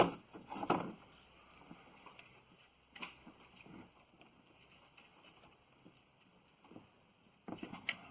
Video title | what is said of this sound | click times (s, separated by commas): 2008 F-150 Loud howling noise. Easy DIY alternator, Idler and tensioner bearing replacement | Okay, she does not want to click, so | none